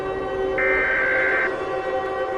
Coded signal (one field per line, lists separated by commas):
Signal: Emergency Alert System (SAME) tones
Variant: header bursts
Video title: IXL’s revenge - a EAS scenario